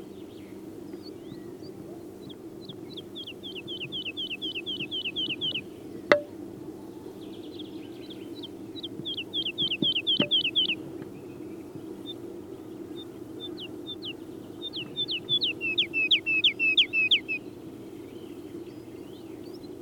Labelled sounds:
Wood Lark song

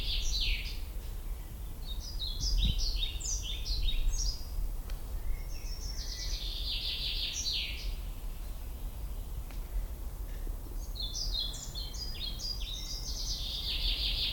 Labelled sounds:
Common Chaffinch song

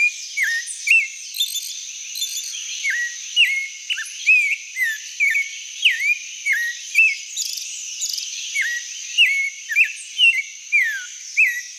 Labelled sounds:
Clay-colored Thrush song

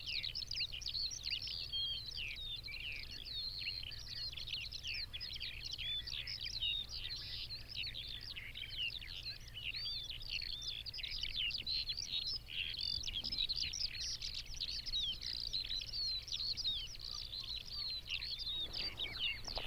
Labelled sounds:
Eurasian Skylark song

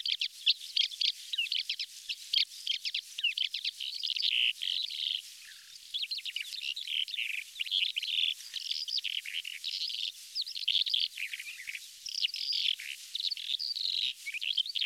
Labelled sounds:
Calandra Lark song

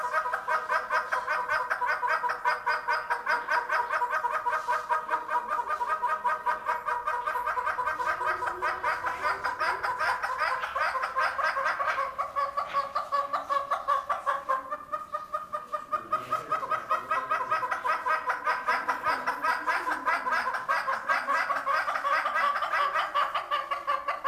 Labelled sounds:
Northern Red-billed Hornbill duetting

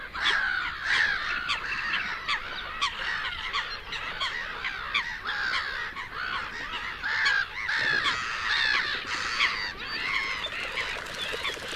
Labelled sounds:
Black-headed Gull call

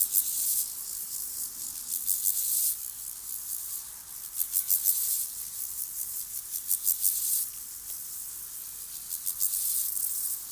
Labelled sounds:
Steppe Grasshopper stridulation

